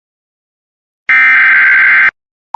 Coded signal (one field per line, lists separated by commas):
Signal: Emergency Alert System (SAME) tones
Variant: header bursts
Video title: IEMBot Jumpscares are a thing..? EAS Alerts from 3/11/2026 (EAS #161-#169)